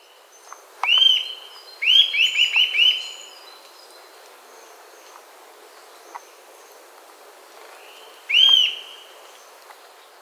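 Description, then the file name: Eurasian nuthatch calls: ringing notes given singly, then in a quick burst, and once more near the end. "Sitta europaea"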